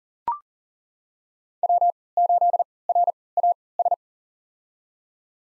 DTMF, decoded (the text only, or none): none